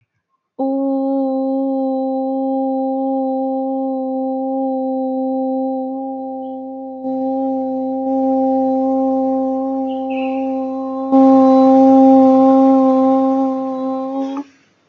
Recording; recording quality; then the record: sustained vowel as in boot; excellent, no background noise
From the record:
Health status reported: healthy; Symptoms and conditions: none ticked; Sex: female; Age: 30 years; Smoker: not ticked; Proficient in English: yes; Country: India